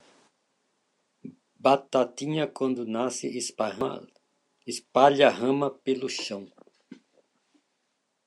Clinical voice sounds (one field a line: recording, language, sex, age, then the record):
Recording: short text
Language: Brazilian Portuguese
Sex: male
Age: 60 to 69 years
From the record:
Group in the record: control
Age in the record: 69 years